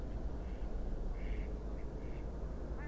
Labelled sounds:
Mallard
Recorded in Germany
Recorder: ecoPi

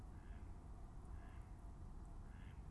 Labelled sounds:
Mallard
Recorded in Germany
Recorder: ecoPi

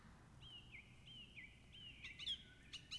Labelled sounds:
Song Thrush
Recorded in Germany
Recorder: ecoPi

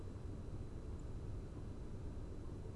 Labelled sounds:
Song Thrush
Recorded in Germany
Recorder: ecoPi

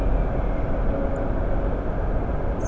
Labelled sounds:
Song Thrush
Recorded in Germany
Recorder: ecoPi

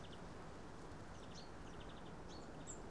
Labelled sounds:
Great Tit
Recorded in Germany
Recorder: ecoPi

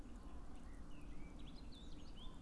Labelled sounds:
Eurasian Blackcap
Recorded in Germany
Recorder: ecoPi

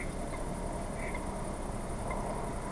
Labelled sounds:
Mallard
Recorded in Germany
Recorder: ecoPi

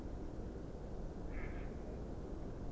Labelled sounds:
Mallard
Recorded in Germany
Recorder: ecoPi

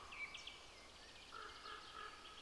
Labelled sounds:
Common Chaffinch
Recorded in Germany
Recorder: ecoPi

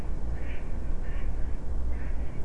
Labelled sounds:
Mallard
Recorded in Germany
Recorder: ecoPi

